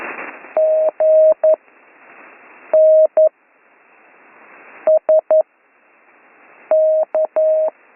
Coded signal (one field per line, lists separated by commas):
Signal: Morse code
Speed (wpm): 11 wpm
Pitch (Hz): 630 Hz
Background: none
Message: GN SK